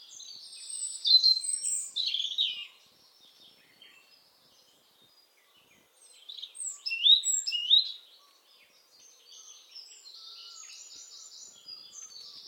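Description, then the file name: European robin song: two bursts of high, twittering warble separated by a quiet gap, with quieter rapid trills continuing near the end. "Erithacus rubecula"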